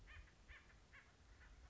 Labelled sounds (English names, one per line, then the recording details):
Acorn Woodpecker
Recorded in Sonoma County, California